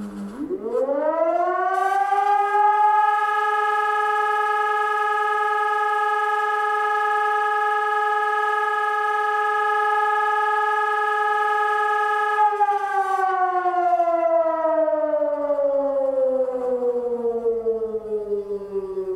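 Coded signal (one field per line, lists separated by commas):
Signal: siren signal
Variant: German Feueralarm, electronic siren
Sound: siren winds up, holds a steady harmonic wail about 12 seconds, then winds down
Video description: Monatliche Sirenenprobe der Feuerwehrsirenen in Bad Honnef am 26.08.2017 um 12 Uhr mit dem Signal "Feueralarm".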